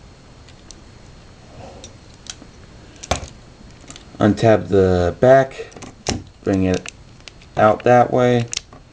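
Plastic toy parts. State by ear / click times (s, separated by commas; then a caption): not seated / none. Someone talks while handling a plastic Transformers Prime Robots in Disguise Cliffjumper figure during its robot-to-car transformation, untabbing its back section and bringing it out. Light plastic handling taps and ticks are heard between the speech. The back panel has not yet been pushed down and snapped into its locked position; nothing has seated or clicked yet.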